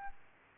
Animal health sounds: mosquito wingbeat signal from an infrared sensor; Aedes albopictus

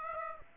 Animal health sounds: mosquito wingbeat signal from an infrared sensor; Aedes aegypti

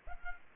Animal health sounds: mosquito wingbeat signal from an infrared sensor; Aedes aegypti

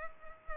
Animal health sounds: mosquito wingbeat signal from an infrared sensor; Culex pipiens

